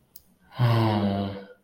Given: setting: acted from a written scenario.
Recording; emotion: vocal sound without words; sadness